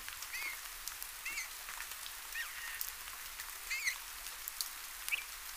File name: Pyrrhula pyrrhula